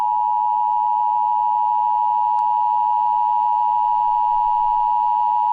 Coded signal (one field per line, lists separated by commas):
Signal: Emergency Alert System (SAME) tones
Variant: 853 and 960 Hz attention tone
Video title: EAS Gets Interrupted by the EAS